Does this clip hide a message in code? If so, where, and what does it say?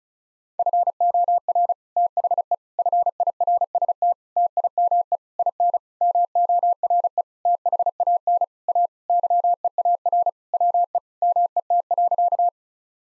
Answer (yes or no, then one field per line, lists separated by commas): yes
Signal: Morse code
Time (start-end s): 0.6-12.5 s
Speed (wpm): 36 wpm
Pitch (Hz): 700 Hz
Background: none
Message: FOR THE FIRST TIME IN MORE THAN A YEAR WE MET.